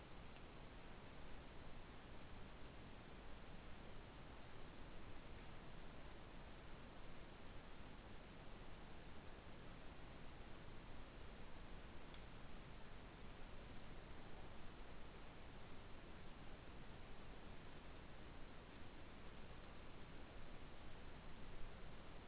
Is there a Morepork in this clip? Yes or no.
no